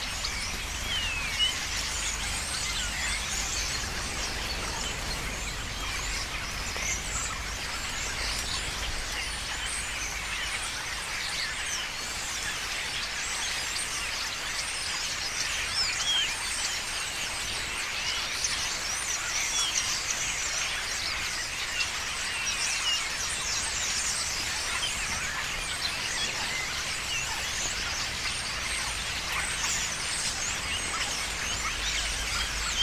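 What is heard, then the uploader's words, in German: Thousands of starlings chatter together in a dense, continuous wash of chirps and squeaks that fills the upper range. The sound stays steady and level for the whole stretch, with a faint low rumble underneath and no single bird standing out. Tausende Stare, die landen und sich zu unterhalten beginnen.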